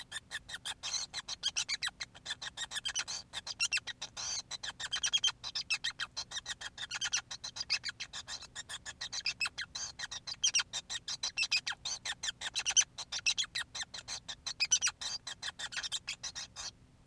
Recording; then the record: song of a male Bengalese finch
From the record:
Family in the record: son of father 5